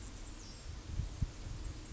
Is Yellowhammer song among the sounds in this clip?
no